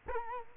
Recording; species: mosquito wingbeat signal from an infrared sensor; Culex quinquefasciatus